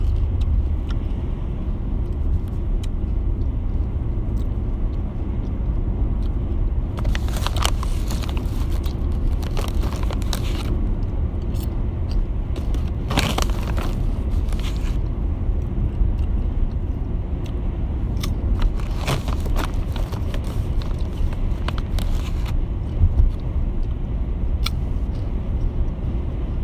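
Popcorn and chewing gum crunch in crackly bursts, busiest midway through, over a steady low rumble of a car moving along the road.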